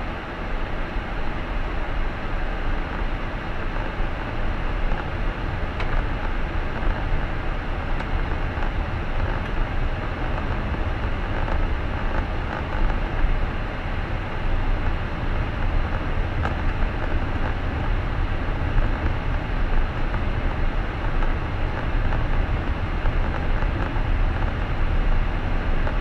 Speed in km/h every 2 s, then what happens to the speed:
18, 22, 27, 30, 31, 33, 35, 37, 38, 38, 37, 37, 38.
0-14 speeds up to 37. 14-26 steady at about 37.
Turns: none.